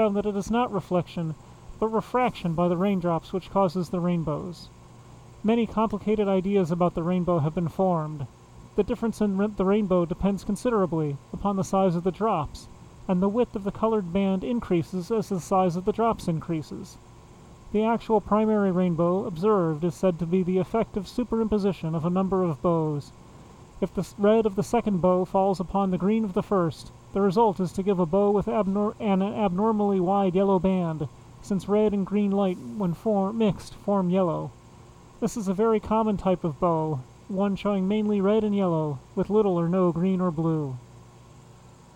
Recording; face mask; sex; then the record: reading aloud; surgical mask; male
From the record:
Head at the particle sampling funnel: facing it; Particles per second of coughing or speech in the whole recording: 0.0544